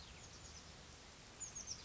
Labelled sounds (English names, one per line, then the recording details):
Oak Titmouse
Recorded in Sonoma County, California